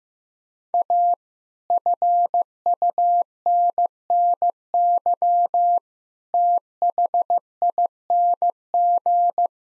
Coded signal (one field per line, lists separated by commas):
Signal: Morse code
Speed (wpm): 15 wpm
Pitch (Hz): 700 Hz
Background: none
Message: A FUNNY THING